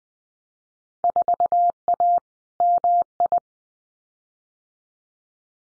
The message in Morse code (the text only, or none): 4A MI